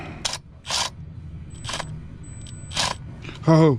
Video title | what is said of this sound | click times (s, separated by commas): Episode 11 Turbo Removal On The Jetta TDI | don't tell me that. Just stripped that out. | 0.3 s